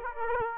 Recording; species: mosquito wingbeat signal from an infrared sensor; Aedes aegypti